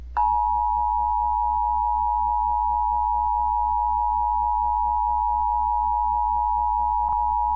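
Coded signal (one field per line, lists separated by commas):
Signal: Emergency Alert System (SAME) tones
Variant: 853 and 960 Hz attention tone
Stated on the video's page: Required monthly test on an AM station from a regional emergency services agency.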